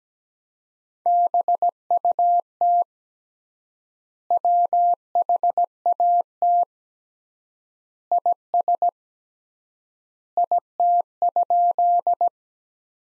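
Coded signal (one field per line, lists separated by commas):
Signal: Morse code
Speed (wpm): 17 wpm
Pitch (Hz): 700 Hz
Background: none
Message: BUT WHAT IS IT?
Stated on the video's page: Morse practice at 17 wpm: sentences from the top 100 words with 3x word spacing, a Farnsworth-like method using words.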